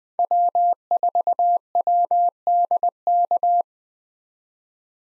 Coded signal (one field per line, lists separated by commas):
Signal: Morse code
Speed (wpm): 20 wpm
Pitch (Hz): 700 Hz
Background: none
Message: W4WDK